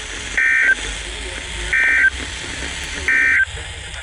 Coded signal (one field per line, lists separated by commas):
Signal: Emergency Alert System (SAME) tones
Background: speech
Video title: Good Morning, Have a warning. (EAS#340-345)